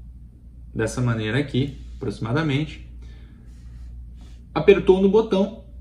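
Someone talks while handling the dose button of a pre-filled injector pen during a demonstration injection, with speech bursts around 0.8–1.7 s, 2.1–2.7 s and 4.6–5.5 s over a low steady hum. The button is pressed for dose delivery, but nothing has seated or clicked yet when the clip ends.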